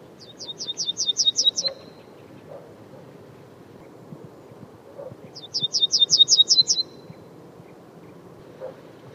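Bird song: two bursts of rapid, high-pitched trilled notes, each about a second long, a few seconds apart, with faint background noise.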